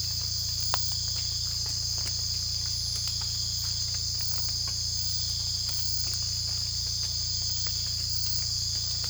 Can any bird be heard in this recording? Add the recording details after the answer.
no. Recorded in secondary vegetation near Puerto Asís, Putumayo, Colombia, on 18 December 2024 at 03:00. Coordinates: 0.484, -76.319. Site GP06